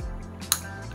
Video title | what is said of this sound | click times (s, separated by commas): Quick Release for Pressure Washer | gitu Jadi ini udah ngunci dan udah kecil gitu ya karena di dalam sini ada hasil | 0.5 s